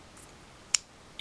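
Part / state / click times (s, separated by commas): resin figure back piece onto the figure body, held by magnets / seated / 0.7 s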